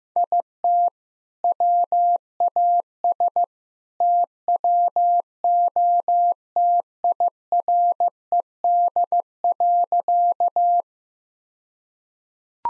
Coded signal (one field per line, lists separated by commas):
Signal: Morse code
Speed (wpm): 15 wpm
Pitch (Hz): 700 Hz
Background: none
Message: IT WAS TWOTIRED.